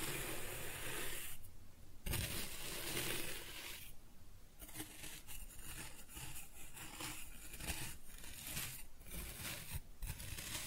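Kinetic sand being cut and scooped, with a dense, gritty rubbing and rasping that runs almost without a break. Short gaps near the 1.5, 4 and 9 to 10 second marks break the texture, and a soft low thump lands around two seconds.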